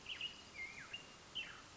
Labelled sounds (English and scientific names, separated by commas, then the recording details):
Black-headed Grosbeak (Pheucticus melanocephalus)
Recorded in Sonoma County, California